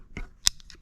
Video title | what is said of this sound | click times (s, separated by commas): Is Old Rag Worth it in the Rain? | Little click, click | 0.2 s, 0.5 s